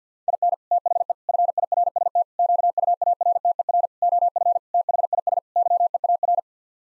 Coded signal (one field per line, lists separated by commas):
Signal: Morse code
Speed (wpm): 50 wpm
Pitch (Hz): 700 Hz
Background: none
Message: IN THE FIRST QUARTER OF THIS YEAR